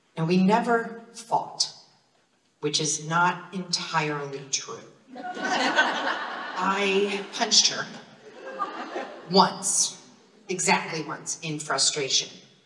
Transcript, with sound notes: and we never fought, which is not entirely true. (laughter) I punched her... once, exactly once, in frustration.